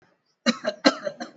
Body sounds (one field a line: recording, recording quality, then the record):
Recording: heavy voluntary cough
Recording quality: excellent, no background noise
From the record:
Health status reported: exposed to COVID-19, no respiratory illness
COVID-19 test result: not tested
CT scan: not taken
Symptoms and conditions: none ticked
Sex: male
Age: 37 years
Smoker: no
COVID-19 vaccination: both doses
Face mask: worn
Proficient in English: yes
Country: India